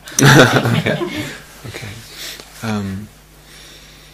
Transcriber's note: laughter